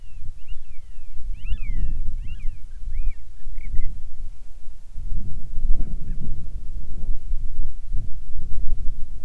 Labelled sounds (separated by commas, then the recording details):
seabird, wind, insects
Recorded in the Arctic National Wildlife Refuge, Alaska, on 7 July 2019 at 18:53
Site 41